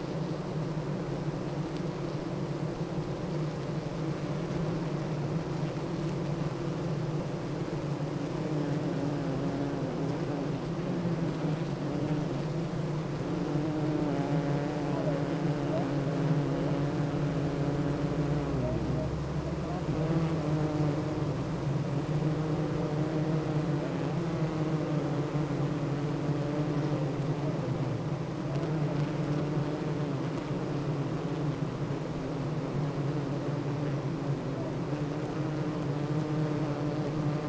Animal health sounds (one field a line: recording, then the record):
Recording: honeybee colony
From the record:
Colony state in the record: active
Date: 28 July 2017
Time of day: 8:19